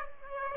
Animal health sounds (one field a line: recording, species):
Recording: mosquito wingbeat signal from an infrared sensor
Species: Aedes aegypti